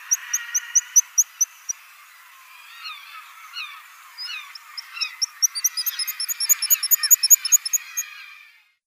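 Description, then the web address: Black guillemot song: quick high pips, a brief pause with lower squeaky notes, then a fast run of thin piping notes. "Schulze Peter Black Guillemot song"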